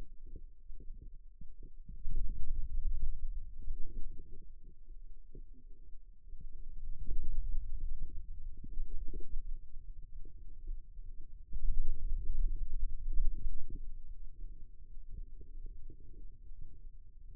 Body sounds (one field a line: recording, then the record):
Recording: forearm muscle sounds (acoustic myography)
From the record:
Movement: pen grasping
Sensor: system 2, bracelet of six BSWA MPA416 microphones around the upper forearm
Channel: 5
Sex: male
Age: 22 years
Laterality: right